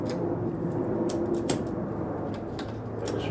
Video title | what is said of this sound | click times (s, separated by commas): How To Refill Vintage Trico Windshield Wipers | Make sure it's locked into place. That's done. | 1.5 s